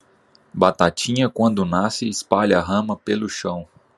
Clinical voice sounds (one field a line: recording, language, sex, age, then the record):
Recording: short text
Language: Brazilian Portuguese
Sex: male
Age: 30 to 39 years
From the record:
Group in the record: control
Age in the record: 36 years